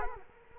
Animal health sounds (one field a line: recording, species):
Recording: mosquito wingbeat signal from an infrared sensor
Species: Culex quinquefasciatus